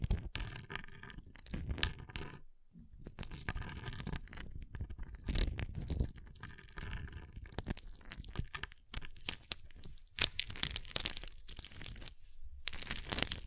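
Ice being scratched and carved, with dense, rough scraping strokes that come in irregular bursts throughout. A brief near-silent gap falls around two and a half seconds and another around twelve, and the sharpest, brightest scrapes cluster near ten seconds and at the end.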